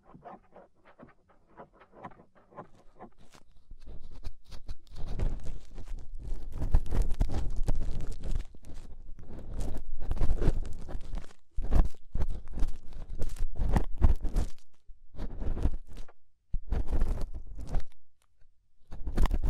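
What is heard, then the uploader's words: Scraping inside and around an ear, starting with soft, faint scratchy ticks for the first few seconds. From about five seconds the rubbing grows loud and coarse, with dense, gritty bursts and a deep rumble, broken by brief silences near 11.5, 15 and 16.5 seconds. Inner and Outer Ear Scraping (No Talking).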